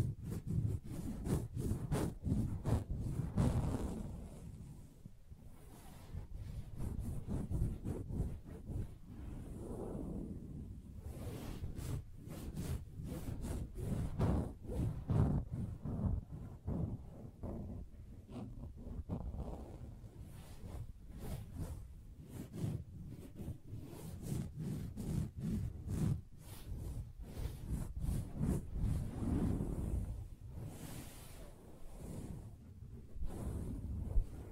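Soft fabric is tapped and scratched in dense, uneven bursts of muffled low rustling, with sharp brief clicks scattered throughout and occasional swelling rubs.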